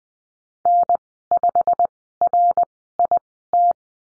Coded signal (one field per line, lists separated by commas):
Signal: Morse code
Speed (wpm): 20 wpm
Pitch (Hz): 700 Hz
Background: none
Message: N5RIT